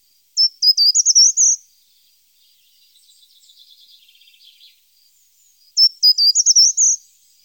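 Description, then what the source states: Short-toed treecreeper giving two matching high, crisp phrases of quick notes with a twirled ending, about five seconds apart, a soft buzzy trill between. Recorded in Germany, Austria or Switzerland.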